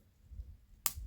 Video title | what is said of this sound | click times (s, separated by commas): Rolex GMT Master 1675 Rootbeer Crystal Replacement! | nice satisfying click when it's all the way installed | 0.9 s